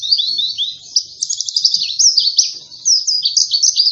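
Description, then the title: White-eye song, a dense warble of high, sliding and trilling notes. Singing vigorously (gacor) after being given You C 1000 as a metabolism doping supplement. "Pleci Gacor. Beginilah Hasil Perform Pleci Dengan Doping Metabolis"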